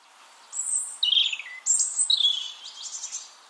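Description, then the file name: European robin singing a high drawn-out whistle, then a descending slurred phrase and a bright rippling trill, all thin and liquid in tone. "Erithacus rubecula"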